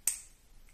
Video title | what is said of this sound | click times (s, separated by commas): IN VITRO!! EMPEZAMOS + LA LOCURA DE LOS PRIMEROS PINCHAZOS | Debería escuchar un clic. | 0.1 s